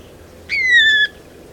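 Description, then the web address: Blue mockingbird call: one drawn-out note sliding gently downward over about half a second, clear against a quiet background. "Mimids Blue Mockingbird calls"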